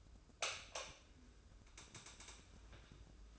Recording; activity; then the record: daily activity, microphone in the room; light on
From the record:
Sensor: 2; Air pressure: 995.2 hPa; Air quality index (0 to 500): 71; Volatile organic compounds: 2 ppm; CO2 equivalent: 1246 ppm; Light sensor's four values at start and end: 8/19/8/8 and 13/36/14/14